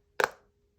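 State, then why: Seated. The lid of a small savings-challenge box container is closed after folded bills are put inside. It snaps shut with one sharp, bright click at 0.2 s, which rings briefly and fades over a quiet background with a faint steady hum. The lid is locked into place.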